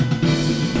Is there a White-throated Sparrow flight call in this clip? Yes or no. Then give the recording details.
no. No flight call is heard. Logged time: 01:52 on 4 September 2014